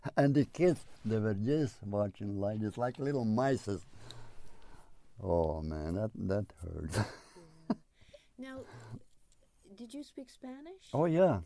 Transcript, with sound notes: And the kids, they were just watching like this, like little mices. Oh, man. That hurt. (He laughs.)
Now, did you speak Spanish?
Oh, ya.